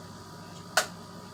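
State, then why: Seated. A graphics card is pushed into a motherboard's PCIe slot until the slot's retention latch clicks, seating the card. Over a quiet background hum, a single short, sharp click sounds at 0.8 s.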